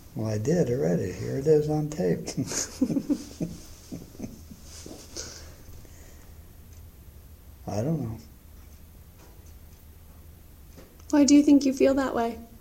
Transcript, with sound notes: Well I did already, here it is on tape. [chuckles] I don't know.
Why do you think you feel that way?